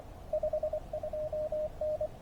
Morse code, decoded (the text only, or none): 52N